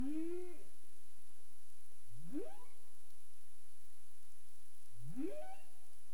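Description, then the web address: Humpback whale calls: a low moaning note followed by two sweeping upward cries, spaced a few seconds apart, over a hissing background. Caribbean, 27 April 2035, 22:47 UTC. "CARIMAM humpback whale 20350427 224731 UTC"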